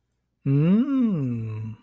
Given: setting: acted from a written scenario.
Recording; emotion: vocal sound without words; desire